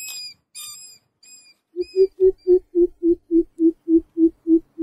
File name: tieng bim bip keu tieng chuot